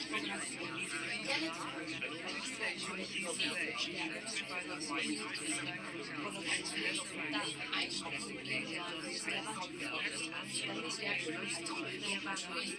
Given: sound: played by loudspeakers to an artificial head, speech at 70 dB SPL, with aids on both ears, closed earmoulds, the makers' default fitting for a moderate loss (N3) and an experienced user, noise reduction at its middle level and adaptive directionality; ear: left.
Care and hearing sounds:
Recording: speech test signal (ISTS) in cocktail-party noise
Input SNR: -6 dB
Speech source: on the right (90 degrees)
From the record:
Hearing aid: class 2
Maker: C

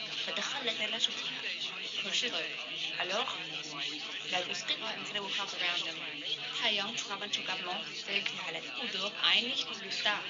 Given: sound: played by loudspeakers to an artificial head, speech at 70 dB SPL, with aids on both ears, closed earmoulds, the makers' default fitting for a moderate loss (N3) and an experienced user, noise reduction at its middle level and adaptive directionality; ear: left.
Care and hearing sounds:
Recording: speech test signal (ISTS) in cocktail-party noise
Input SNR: +3 dB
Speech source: in front (0 degrees)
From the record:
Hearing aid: class 1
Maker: G

